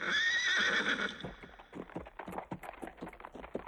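A horse gives a loud, shrill whinny lasting about a second, followed by a steady run of hooves clip-clopping in an uneven, quick rhythm on an icy, slippery street.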